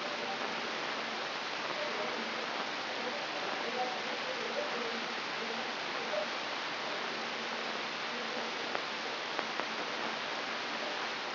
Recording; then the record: brain microelectrode recording played as sound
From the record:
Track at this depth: inside the subthalamic nucleus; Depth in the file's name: 5.735 mm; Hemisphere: right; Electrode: 3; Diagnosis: Parkinson's disease